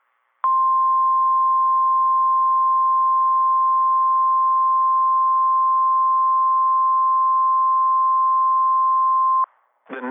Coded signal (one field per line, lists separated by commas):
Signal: Emergency Alert System (SAME) tones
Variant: 1050 Hz attention tone